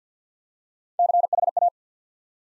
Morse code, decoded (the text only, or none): CHA